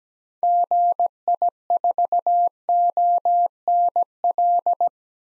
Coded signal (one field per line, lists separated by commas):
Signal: Morse code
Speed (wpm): 17 wpm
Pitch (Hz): 700 Hz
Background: none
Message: GI4ONL